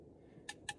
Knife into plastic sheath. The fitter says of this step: and it shrunk it. And now it snaps back in place again.